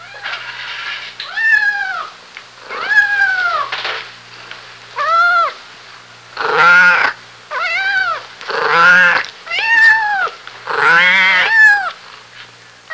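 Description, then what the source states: Cat: kitten meowing: a series of plaintive, high meows, each rising then falling, some louder and harsher than others. Kitten meowing; vintage recording.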